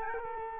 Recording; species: mosquito wingbeat signal from an infrared sensor; Culex quinquefasciatus